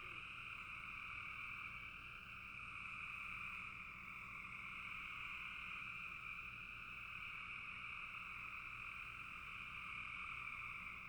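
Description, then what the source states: Massed frogs giving a constant, shimmering trill, with many overlapping calls blending into one sound. Frogs in a bog.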